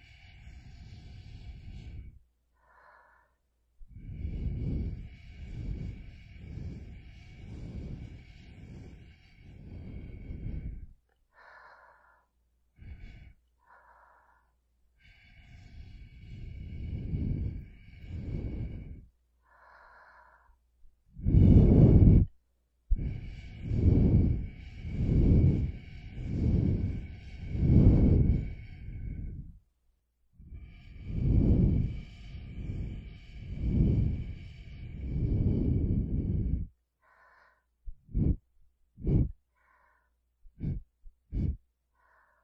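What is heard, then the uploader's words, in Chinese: Air is blown through a straw in repeated breathy puffs, each about a second long, grouped in runs with short pauses between. The puffs are soft and hissy with a low rumble, and a few quick, sharp bursts end the recording. 吸管 吹气音，耳朵暖暖的！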